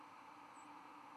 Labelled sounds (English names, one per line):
White-throated Sparrow flight call